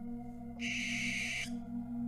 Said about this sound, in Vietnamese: Con cú gần đó vỗ cánh bay đi, chỉ ném lại những tiếng kêu đầy ma quái.